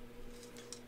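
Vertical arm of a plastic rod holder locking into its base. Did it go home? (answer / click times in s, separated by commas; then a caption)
yes / 0.7 s. The vertical arm of a plastic Dangler Quick Grab ice-fishing rod holder is lifted until it snaps into its set position in the base. A faint rustle at 0.6 s is followed by a short, sharp snap at 0.7 s over a steady low hum. The arm is locked in place and the holder is set up.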